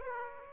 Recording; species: mosquito wingbeat signal from an infrared sensor; Aedes aegypti